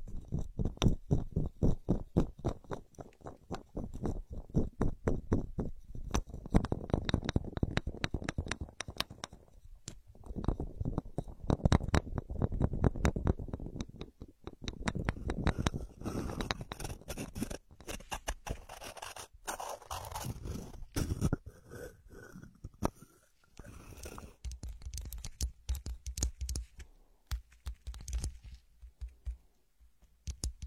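Wordless ear scratching: rapid, dense strokes of dry scraping and rubbing repeat in quick bursts. The rhythm loosens around the middle into softer, smeared rustling, with brief pauses near 10, 15 and 23 seconds before the scratching resumes.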